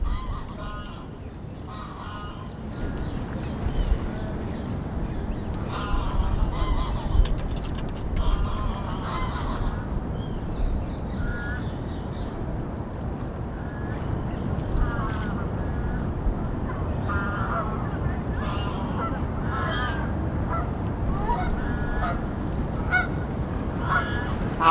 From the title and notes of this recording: Captured in the morning in a large city centre park. Various birds are in the lake and on the grass, some fly overhead.